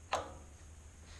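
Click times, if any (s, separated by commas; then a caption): 0.1 s. A plastic thermostatic control head is turned on a radiator valve until it drops down and seats onto the valve body. A single short hit sounds at 0.1 s over a low steady hum, and the head is seated.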